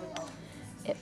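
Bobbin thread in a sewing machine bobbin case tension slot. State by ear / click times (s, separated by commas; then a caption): seated / 0.2 s. The bobbin thread in a Bernina sewing machine's bobbin case is guided through the slot and behind the tension mechanism until it pops into place. A sharp metallic click sounds at 0.2 s, and another clink follows near 0.9 s. The thread is seated in the tension slot.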